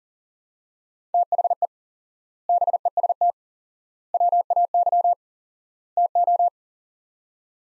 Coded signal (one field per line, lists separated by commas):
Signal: Morse code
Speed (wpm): 40 wpm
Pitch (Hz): 700 Hz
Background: none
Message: THE BEST WAY TO